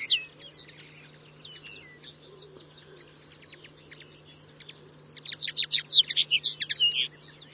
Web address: red chested red crested finch call